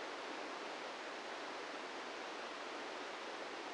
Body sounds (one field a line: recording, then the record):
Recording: brain microelectrode recording played as sound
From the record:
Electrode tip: inside the subthalamic nucleus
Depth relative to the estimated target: 0 mm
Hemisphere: right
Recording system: NeuroSet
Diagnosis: Parkinson's disease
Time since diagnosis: 17 years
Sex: male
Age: 64 years